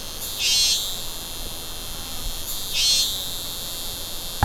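Cricket chirps: two brief high buzzy bursts about two seconds apart over a steady high-pitched hiss.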